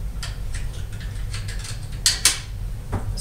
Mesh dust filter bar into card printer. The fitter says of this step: snaps in place and by the time you're done with that your print heads dry